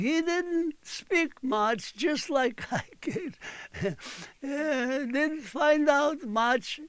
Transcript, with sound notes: He didn't speak much, just like I did. (he laughs) I didn't find out much.